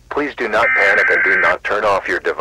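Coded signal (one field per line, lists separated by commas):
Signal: Emergency Alert System (SAME) tones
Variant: header bursts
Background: speech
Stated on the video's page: Fictional EAS scenario; alarm sounds same as the real ones.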